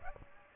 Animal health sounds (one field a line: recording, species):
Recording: mosquito wingbeat signal from an infrared sensor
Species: Aedes aegypti